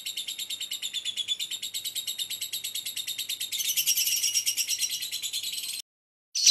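Lovebird chattering, soft fast pulsed high notes that grow louder and denser near the end, then stop briefly before one loud squeak.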